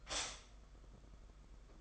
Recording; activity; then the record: daily activity, microphone in the room; stop toaster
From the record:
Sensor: 5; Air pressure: 991.8 hPa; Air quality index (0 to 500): 167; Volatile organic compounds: 418 ppm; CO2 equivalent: 4701 ppm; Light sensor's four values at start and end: 33/109/41/43 and 33/109/41/43